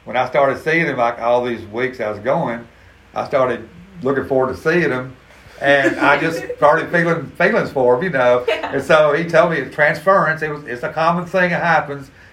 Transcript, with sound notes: When I started seeing him I- all these weeks I was going, I started looking forward to seeing him- (laugh) And I just started feeling feelings for him, you know. And so he told me- transference- it was- it’s a common thing that happens.